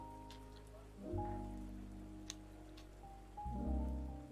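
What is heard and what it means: A plastic construction brick is pressed onto a brick-built typewriter model and snaps into place, with sharp clicks at 2.3 s and 2.8 s. Steady background music plays throughout, and someone talks right after the snap.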